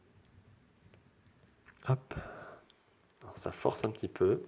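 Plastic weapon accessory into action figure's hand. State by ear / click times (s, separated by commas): not seated / none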